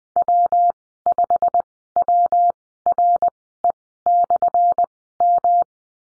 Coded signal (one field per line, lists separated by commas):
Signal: Morse code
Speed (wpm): 20 wpm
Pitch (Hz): 700 Hz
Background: none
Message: W5WRE/M